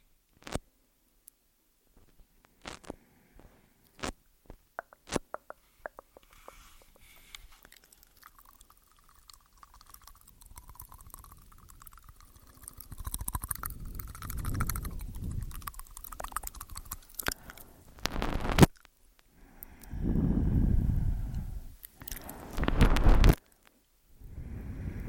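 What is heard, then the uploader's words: Eating sounds, starting quiet with sparse sharp clicks and crisp snaps spaced a few seconds apart over a faint hiss. Past the midpoint it turns denser and louder, with wet chewing, rustling and thick low swells, and several bright cracks near the end. Simple Ear Eating, Complex Tingels ~ ASMR TASCAM.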